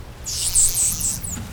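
Whale whistles: a quick run of high, arching tonal squeals, several in about a second, above a low rumbling background noise.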